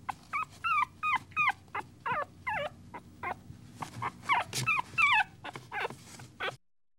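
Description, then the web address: Dog: puppy whimpering in a series of high, wavering whines and yelps, repeated steadily before falling silent near the end. "щенок"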